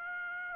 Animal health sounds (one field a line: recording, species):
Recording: mosquito wingbeat signal from an infrared sensor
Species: Aedes aegypti